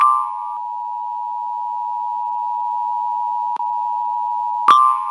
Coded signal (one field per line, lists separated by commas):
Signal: Emergency Alert System (SAME) tones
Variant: 853 and 960 Hz attention tone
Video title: 20 Minutes of Emergency Alert System Activations NOAA Weather Radio